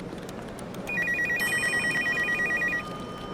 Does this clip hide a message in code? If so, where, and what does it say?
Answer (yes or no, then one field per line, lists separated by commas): no